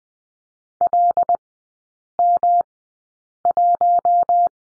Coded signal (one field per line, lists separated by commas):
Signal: Morse code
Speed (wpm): 20 wpm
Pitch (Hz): 700 Hz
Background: none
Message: LM1